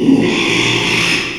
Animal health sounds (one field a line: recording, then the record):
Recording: squeal of a Yucatan mini pig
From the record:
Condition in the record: after surgery on the right vocal fold (resection and tissue-engineered implant)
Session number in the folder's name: 1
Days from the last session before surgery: 6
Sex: male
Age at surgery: 12 weeks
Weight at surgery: 13 kg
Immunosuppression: cyclosporine, prednisolone